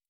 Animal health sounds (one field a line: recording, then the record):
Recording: hydrophone in a shrimp aquaculture tank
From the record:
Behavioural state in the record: stressed